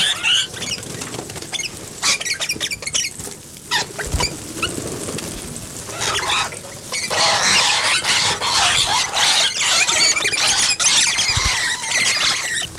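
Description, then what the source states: Rosellas squealing and chattering, a flock of shrill overlapping notes that grows louder and denser in the second half, with a few low thumps. Rosellas feeding.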